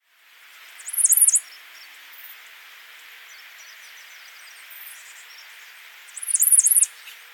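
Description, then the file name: Common yellowthroat giving two short, very high, wavering chattered bursts about five seconds apart, over a steady background hiss. "Geothlypis trichas - Common Yellowthroat"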